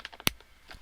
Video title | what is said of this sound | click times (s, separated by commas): 80/20 Roof Rack + Renogy Solar Tilt Mount + How To MC4 Connector, Pt 2 //Ep. 14 DIY VAN BUILD | you hear that click so that you know it's in there right and then you got the bottom piece | 0.3 s